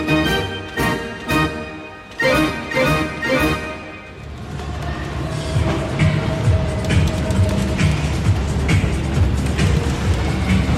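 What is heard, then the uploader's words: At a fairground, bright tonal music pulses in a regular beat for four seconds, then gives way to dense low rumbling crowd noise and clatter. Fairground Sounds.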